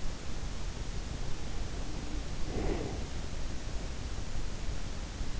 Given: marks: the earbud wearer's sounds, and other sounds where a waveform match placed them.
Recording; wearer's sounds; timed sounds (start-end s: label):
sounds in sleep by an in-ear microphone; breath
1.38-3.36 s: breath